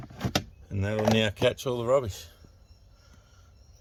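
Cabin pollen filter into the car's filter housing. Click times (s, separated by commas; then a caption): 0.4 s. A cabin pollen filter is slid into the car's plastic filter housing and pushed home, with a soft tap near the start and a sharp click at 0.4 s as it locks into place. Someone then talks over quiet background noise.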